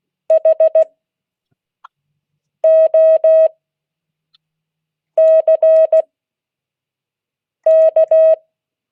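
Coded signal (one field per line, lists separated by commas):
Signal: Morse code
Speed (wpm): 16 wpm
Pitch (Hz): 640 Hz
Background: none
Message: HOCK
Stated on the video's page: Morse code class.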